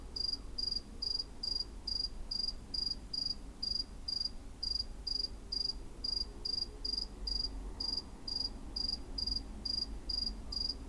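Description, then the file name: Cricket call, a steady run of high pulsed chirps roughly twice per second throughout, over a soft low hum. "CRICKET ON CATS CREEP"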